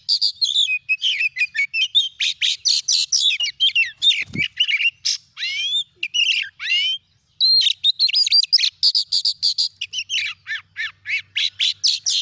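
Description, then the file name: Oriental magpie-robin song, a busy medley of rising whistles, chips and buzzy notes with short gaps, one low knock and a faint hum late on. "Suara Kacer"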